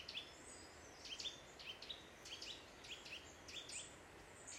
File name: Sitta europaea